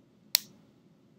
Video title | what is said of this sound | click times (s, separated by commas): Writing Materials and Workspace | did you hear that did you hear the click | 0.4 s